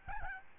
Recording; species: mosquito wingbeat signal from an infrared sensor; Aedes albopictus